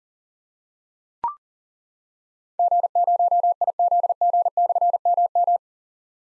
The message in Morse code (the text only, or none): G0IZG/MM